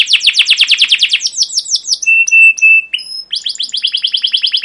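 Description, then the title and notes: Canary song: fast descending chirps in a quick series, then a few steady whistled notes, before the rapid chirping trills resume. Canary song of "cuit cuit" chirps, used as a lure to stimulate other canaries and as a tutor recording for young canaries learning sounds. "CUIT CUIT NGEROL LANGSUNG GACOR PANJANG Kenari Ini AMPUH Utk Pancingan KENAR. PANCINGAN Kenari GACOR PANJANG Cuit CUIT EMOSI ini AMPUH utk MASTERAN Kenari PAUD belajar BUNYI. burung kenari"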